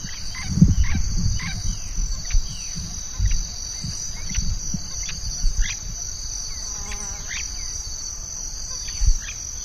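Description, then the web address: Bird calls, a scatter of short sharp downslurred chirps repeated throughout over a steady high insect drone and low rumbling noise. "BIRD 2015 SABIOD 50 bird 2015"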